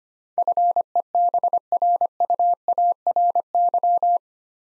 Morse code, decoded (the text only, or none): FEBRUARY